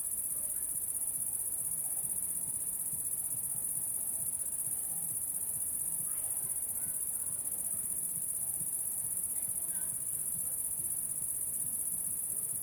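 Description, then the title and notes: Cricket trill, high and unwavering from start to end, with low rumbling noise underneath. Recorded at La Sablière, Saint-Privat-de-Champclos, France, with a Zoom H6 and M/S microphone. "Saint-Privat-de-Champclos, France - cricket la sabliére. cricket la sabliére Captation : ZOOMH6 + M/S Microphone"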